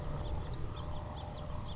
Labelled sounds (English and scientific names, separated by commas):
House Finch (Haemorhous mexicanus)